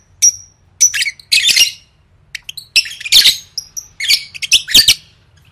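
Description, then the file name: Lovebird gives sharp whistled notes and rough squawks in scattered bursts, with a short quiet gap midway. "tieng vet mau don"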